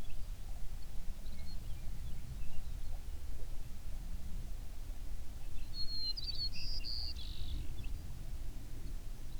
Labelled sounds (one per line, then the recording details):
songbird
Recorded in the Prudhoe Bay oil fields, Alaska, on 11 June 2019 at 05:15
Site 21